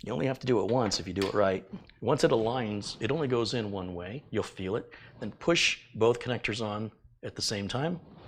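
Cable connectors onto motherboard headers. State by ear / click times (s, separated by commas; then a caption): not seated / none. Two cable connectors are being aligned and pushed onto their motherboard headers at the same time while someone talks throughout. Nothing has seated or clicked yet by the end of the clip.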